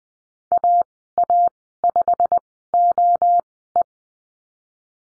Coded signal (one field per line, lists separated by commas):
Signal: Morse code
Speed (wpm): 20 wpm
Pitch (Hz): 700 Hz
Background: none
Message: AA5OE